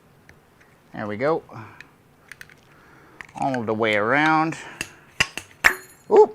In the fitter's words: that did not seat all right let's try it again